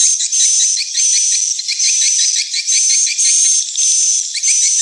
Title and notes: Am thanh nha yen Akau Vietnam - Tien giang. Những âm thanh chim yến thuộc thương hiệu AKAU